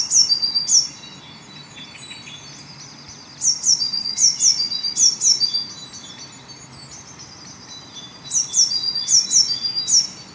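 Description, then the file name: Eurasian blue tit calls: short runs of high, sharp downslurred notes with buzzy endings, three groups spread throughout. "Cyanistes caeruleus"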